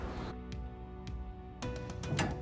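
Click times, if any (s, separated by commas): none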